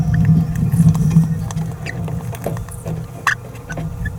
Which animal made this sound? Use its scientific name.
Forpus passerinus